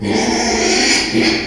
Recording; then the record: squeal of a Yucatan mini pig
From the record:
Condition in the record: after surgery on the right vocal fold (resection and tissue-engineered implant); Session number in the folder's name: 2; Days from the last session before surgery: 13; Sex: male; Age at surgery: 12 weeks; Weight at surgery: 13 kg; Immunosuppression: cyclosporine, prednisolone